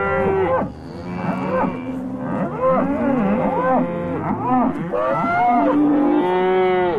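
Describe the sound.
Cows mooing: several deep, harmonic moos overlap and follow one another, some rising and falling in pitch, with barely a pause between calls.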